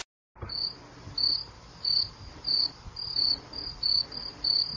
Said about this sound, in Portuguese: Silêncio. Só falta um grilo no fundo.